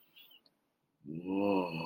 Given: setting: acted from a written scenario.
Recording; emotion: vocal sound without words; awe